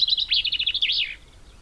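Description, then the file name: Common chaffinch singing a short, fast trill of chipping notes that drops slightly before a quick looping end phrase. "Fringilla coelebs"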